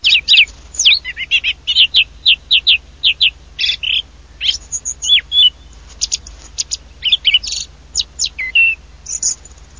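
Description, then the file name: Thrush: a rapid, varied series of high squeaky chirps and short whistled notes, some clustered and some spaced, continuing throughout. "TORDOAGO"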